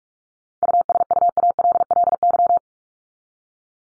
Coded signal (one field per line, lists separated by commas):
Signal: Morse code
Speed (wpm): 44 wpm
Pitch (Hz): 700 Hz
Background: none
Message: USUALLY